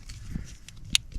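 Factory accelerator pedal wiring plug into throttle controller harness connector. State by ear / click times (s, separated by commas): seated / 1.0 s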